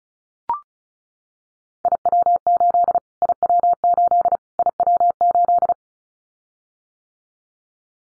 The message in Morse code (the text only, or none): IW8 IW8 IW8